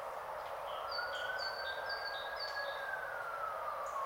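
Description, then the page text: Great tit singing a run of alternating high and low paired notes through constant rain hiss, with a faint siren-like tone rising and falling beneath. Heard outside a window on a grey, rainy Saturday, 8 January 2022; described as a herald of spring. "Fiona Dunn's Podcast. Great Tit in the Rain on 8 Jan 2022"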